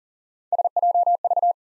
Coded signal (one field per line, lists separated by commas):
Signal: Morse code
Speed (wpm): 38 wpm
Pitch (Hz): 700 Hz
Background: none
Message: SJV